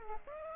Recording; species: mosquito wingbeat signal from an infrared sensor; Aedes aegypti